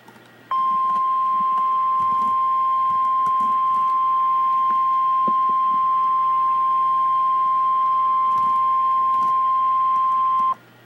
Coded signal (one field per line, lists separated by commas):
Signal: Emergency Alert System (SAME) tones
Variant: 1050 Hz attention tone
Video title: REAL EAS 1064-SVR